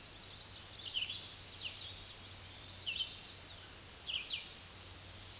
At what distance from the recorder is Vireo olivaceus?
about 30 m